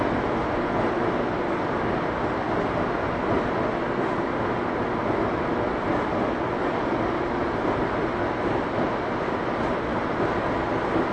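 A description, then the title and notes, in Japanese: A Tokyo subway train rolls along between stations, heard from inside as a steady, dense rumble. The noise stays even and loud throughout, with a low drone, some rattle through the middle, and a faint hiss on top, but no distinct events or voices. 東京メトロ05系 綾瀬〜北綾瀬。今回は北綾瀬支線で録音した。営業列車の他、車庫にに入庫する回送や試運転の列車も走る。アルミ合金製20m車体に通常幅（1.3m）のドアの組み合わせ。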